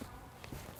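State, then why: Not seated. The grey buttons on the carry handle of a Peg Perego Primo Viaggio 4-35 Nido infant car seat, placed rear-facing in a vehicle's back seat without its base, are pressed as the handle is rotated toward its forward position on the seat shell. A brief sharp tap is heard at about 0.45 s over a low steady background. The handle has not snapped into place yet, and nothing has seated or clicked.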